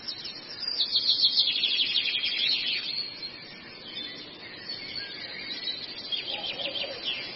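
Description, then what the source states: Long-tailed shrike song: dense, buzzy high chatter for a few seconds, a quieter pause, then another scratchy rattling burst. Long-tailed shrike song used as a masteran, a tutor song for training birds.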